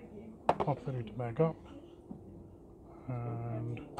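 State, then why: Seated. The plastic back cover of a Huawei B525 LTE router is pressed back into place on the router housing and snaps on with a sharp, loud click at 0.5 s. Someone talks before and after the click. The cover is seated.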